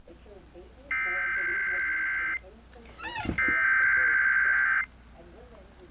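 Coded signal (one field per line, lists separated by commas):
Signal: Emergency Alert System (SAME) tones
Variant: header bursts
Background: speech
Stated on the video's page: EAS Required Monthly Test tones captured from an online stream.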